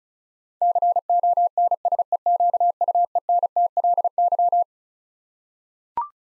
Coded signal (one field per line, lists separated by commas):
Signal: Morse code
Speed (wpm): 36 wpm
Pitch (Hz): 700 Hz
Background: none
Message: CONSEQUENTLY